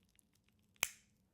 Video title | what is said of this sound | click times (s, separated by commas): Chapter 14 Bleeding, Shock and Soft Tissue Injuries | there is an audible click. | 0.8 s